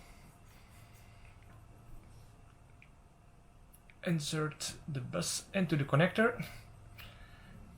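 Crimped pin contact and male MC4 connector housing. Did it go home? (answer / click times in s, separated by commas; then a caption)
no / none. A crimped pin contact is lined up with a male MC4 connector housing before being inserted and pressed home, with small handling ticks at 1.4, 2.8, 3.8 and 3.9 seconds. Someone talks from about 4.1 seconds to the end. Nothing has seated or clicked yet.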